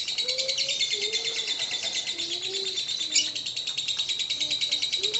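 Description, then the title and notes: Lovebird chattering song, high and rapid like a buzzy rattle, with soft low tonal phrases repeating underneath. Lovebird ngekek song style, described as among the longest; used as a bait song (kicau pancingan) to prompt other lovebirds to sing. "suara Master Kicau Lovebird ngekek, kicau pancingan"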